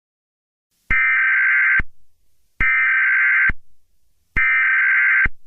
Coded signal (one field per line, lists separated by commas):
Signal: Emergency Alert System (SAME) tones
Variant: header bursts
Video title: Eas scenario: Texan super storm